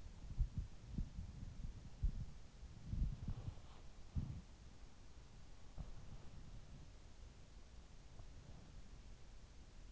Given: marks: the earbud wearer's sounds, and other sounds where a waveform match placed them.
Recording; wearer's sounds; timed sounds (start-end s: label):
sounds in sleep by an in-ear microphone; body movement
0.00-5.48 s: body movement